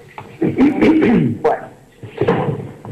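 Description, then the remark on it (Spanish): A courtroom door is pushed shut before a verdict is read, with a couple of dull, heavy thuds and knocks amid a low murmur of voices. “¿Puede cerrar la puerta, por”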